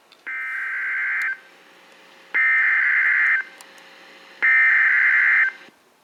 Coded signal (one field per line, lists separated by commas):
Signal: Emergency Alert System (SAME) tones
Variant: header bursts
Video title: Tornado Warning (EAS Alert #871)